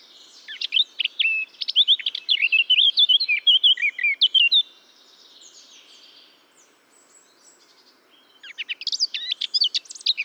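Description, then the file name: Eurasian blackcap song, a rapid warbling phrase of chattering and fluting notes lasting about four seconds, a pause, then another burst begins near the end. "Sylvia atricapilla"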